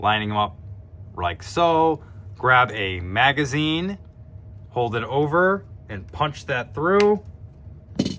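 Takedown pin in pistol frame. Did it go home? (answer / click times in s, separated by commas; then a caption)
released / 8.0 s. On a CZ Shadow 2 pistol, with the slide notches lined up, the base of a magazine is pressed against the steel takedown pin to punch it through the frame while someone talks. A sharp pop at 8.0 s marks the takedown pin breaking free.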